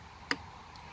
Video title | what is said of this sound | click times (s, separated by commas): Initial impression - Benelli TNT 135 | bit goofy but not too bad and just push it back in there and it locks into place that | 0.3 s